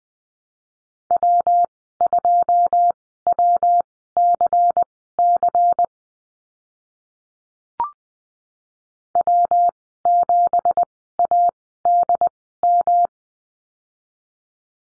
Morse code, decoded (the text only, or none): W2WCC W7ADM